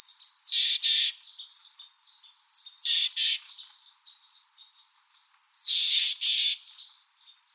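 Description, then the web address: Mexican chickadee calls: three bursts of high, descending notes a few seconds apart, with softer notes between them. Calls; AZFO sound library, recordist Deviche. "Chickadees Allies AZFO MECH CALLS deviche"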